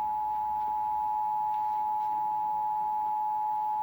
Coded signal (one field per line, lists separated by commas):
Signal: Emergency Alert System (SAME) tones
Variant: 853 and 960 Hz attention tone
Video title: Metv required monthly test of the emergency alert system